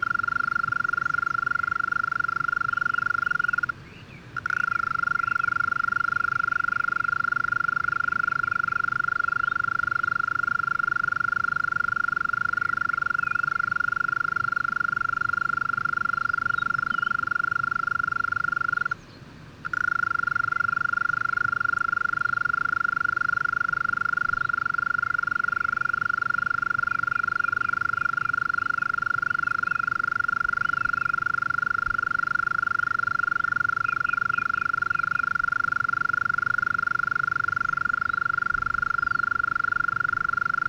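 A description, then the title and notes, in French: Mole crickets (Gryllotalpa gryllotalpa) in a flooded alpine pasture trill in one continuous, steady churring tone at a fixed pitch. The sound cuts out abruptly twice, briefly near 4 seconds and again near 19 seconds, then resumes unchanged. A soft, low rumble lies underneath throughout. UNE COURTILIÈRE D'ALTITUDE. Le Villard - Drôme - Nagra seven - Mkh40 - Stéréo. Une petite population de Courtilière commune (Gryllotalpa gryllotalpa) dans un alpage inondé à 1250m d'altitude.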